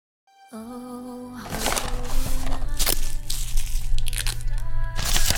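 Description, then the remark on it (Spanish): Wrapping paper crinkles and rustles as a present is hurriedly wrapped, a dense, continuous stream of crisp crackles and sharp crunches, heard over a steady sustained musical tone that plays alone for a moment before the crinkling starts. “César, date prisa envolviendo eso antes de que aparezca Lucía y nos pille.”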